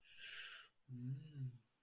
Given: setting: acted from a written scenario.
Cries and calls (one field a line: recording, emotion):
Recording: vocal sound without words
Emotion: desire